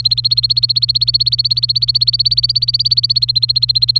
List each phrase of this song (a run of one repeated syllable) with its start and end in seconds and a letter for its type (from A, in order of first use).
0.00-4.00 A